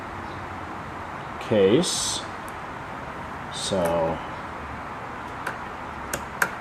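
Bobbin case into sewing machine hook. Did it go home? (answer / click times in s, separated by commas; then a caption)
yes / 6.4 s. Someone talks while a loaded metal class 15 bobbin case is put into the hook area of a Kenmore 14 sewing machine. After a couple of faint ticks around 5.5 and 6.1 s, the case is pushed in and snaps into place with a sharp click at 6.4 s, fully seated.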